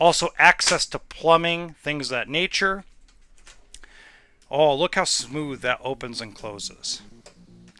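A kitchen drawer in an RV kitchen cabinet is handled, with someone talking over it. The drawer slides open and shut with a few soft ticks and knocks around 3.1 to 3.8 seconds and again near the end. The drawer has not latched or seated into the cabinet yet.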